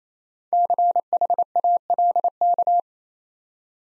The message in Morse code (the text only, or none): CHALK